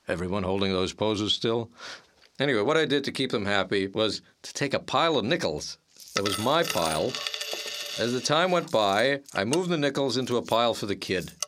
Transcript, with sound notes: Everyone holding those poses still? Anyway– what I did to keep them happy was to take a pile of nickels —— [SFX: DUMPING A PILE OF CHANGE] that was my pile. As the time went by —— [SFX: CLINKING OF SINGLE COINS] I moved the nickels into a pile for the kid.